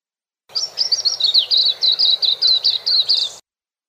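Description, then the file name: White-eye song: a rapid, high twittering run of short chirping notes, about three seconds long, with steady background hiss. "suara kicauan burung kacamata perak. omkicau"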